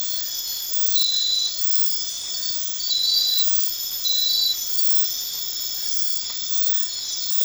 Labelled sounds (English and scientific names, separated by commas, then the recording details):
none
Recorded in dense forest near Puerto Asís, Putumayo, Colombia, on 18 February 2024 at 02:00
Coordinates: 0.500, -76.322
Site G6465